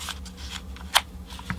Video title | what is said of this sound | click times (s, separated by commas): DIY: Make power tool battery adapter from EVA foam | just like that so easy and it locks in place very tight | 1.5 s